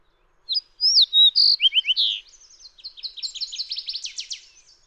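Fox sparrow song: a rich run of slurred whistled notes and short falling slides, followed by a softer, rapid series of high notes.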